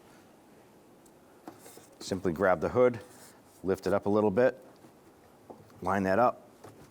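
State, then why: Not seated. The hood of a 1995-2001 Ford Explorer is lifted slightly so the upper socket of the hood lift support lines up with the hood ball stud, while someone talks. Faint, brief handling taps are heard near 1.5 s and between 5.5 and 5.7 s. The support is not yet snapped onto the stud, and nothing has seated or clicked yet.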